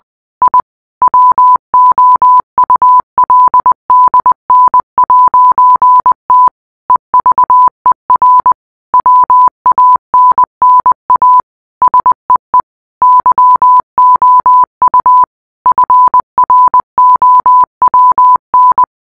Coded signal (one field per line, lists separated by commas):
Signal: Morse code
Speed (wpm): 20 wpm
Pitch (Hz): 1000 Hz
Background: none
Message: I WOULDN'T EVER WANNA SEE YOU FROWN